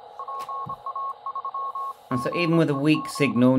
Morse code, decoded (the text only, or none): PA3GEG